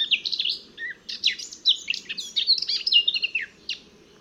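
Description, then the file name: Eurasian blackcap song: a continuous, rapid, rich warble of slurred and chattering notes lasting about four seconds. "Sylvia atricapilla"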